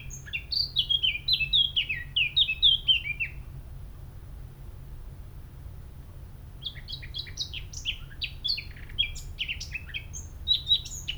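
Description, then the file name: Eurasian blackcap song with a bright fluty phrase of slurred whistles, about three seconds of quiet, then a scratchy, hurried warble starting again. "Sylvia atricapilla"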